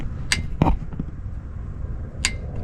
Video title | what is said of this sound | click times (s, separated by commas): How To Change the Rear Differential Fluid on a Modern 124 Spider | There it goes. Ticking? Yep. There we go. You hear that couple clicks? | 0.3 s, 2.3 s